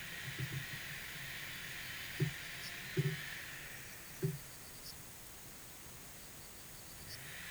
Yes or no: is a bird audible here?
no